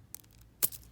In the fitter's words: go right on your post and you can almost hear them click on there still